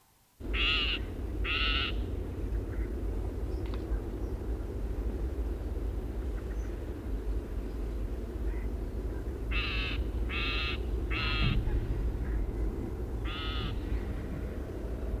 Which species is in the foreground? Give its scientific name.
Lanius excubitor